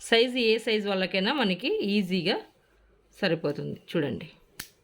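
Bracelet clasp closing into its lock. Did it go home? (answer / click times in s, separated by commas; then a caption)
yes / 4.6 s. A woman talks while closing the openable clasp of a multicolour peacock-design bangle bracelet. A single sharp snap is heard at 4.6 seconds as the clasp locks shut.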